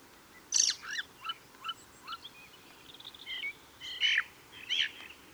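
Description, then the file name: Ring ouzel with a harsh loud note, then a run of softer quick chirps and a drawn buzz, ending in two more loud scratchy notes. Recorded on the Wank near Garmisch, 26 April 2014. "Ringdrossel. Wank. Michle Pron"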